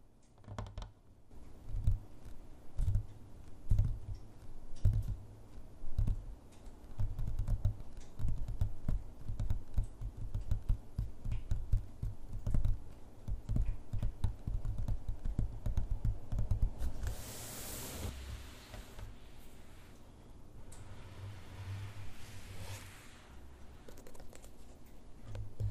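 Fingertips and nails tap on objects in dense, quick bursts with a deep thuddy undertone, a bright hissing sweep near eighteen seconds, then softer taps.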